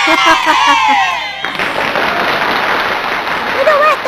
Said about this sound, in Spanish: Aplauso con zapateo.